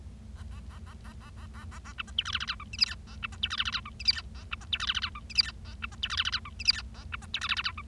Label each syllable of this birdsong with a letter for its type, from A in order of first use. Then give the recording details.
A A A A A A A A A A B C D E F F G H I J K A B C D E F F G H I J K A B C D E F F G H I J K A B C D E F F G H I J K A B C D E F F G H. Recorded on 25 March 2012 at 12:53. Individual gy6or6